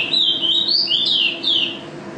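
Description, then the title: White-eye song: a brief, loud, high whistled warble of rising and falling slurred notes, with a faint low hum beneath. Contest bird and national first-place champion; song described as gacor (singing constantly), teler and ropel, filled with canary phrases (isian kenari); video from 2015. "Pleci Juara 1 Nasional pleci Gacor juara nasional teler gacor ropel pleci isian kenari Video 2015"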